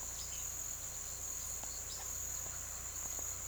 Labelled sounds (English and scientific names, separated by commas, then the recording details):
none
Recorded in pastures near Puerto Asís, Putumayo, Colombia, on 19 June 2025 at 08:30
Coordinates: 0.487, -76.322
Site H26